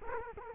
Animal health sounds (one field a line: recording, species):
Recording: mosquito wingbeat signal from an infrared sensor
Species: Culex quinquefasciatus